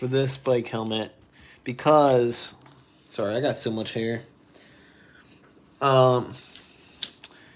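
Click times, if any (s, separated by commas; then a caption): 7.0 s. Someone talks while closing the magnetic chin strap buckle of a bike helmet under the chin. The plastic latch halves snap together with a sharp click at 7.0 s, followed by a fainter tick, and the buckle is seated.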